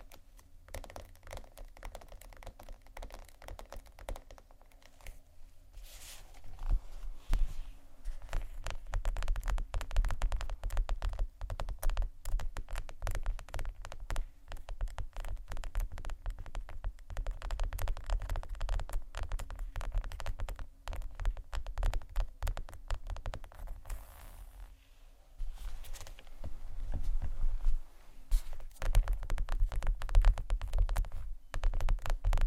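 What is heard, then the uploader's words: Textured bags being tapped and scratched in a dense stream of crisp, rapid clicks and rasps. Activity starts sparse, thickens after about six seconds, briefly drops out near twenty-five seconds, then returns. A steady low hum runs underneath. ASMR TEXTURED BAGS TAP & SCRATCH (No Talking).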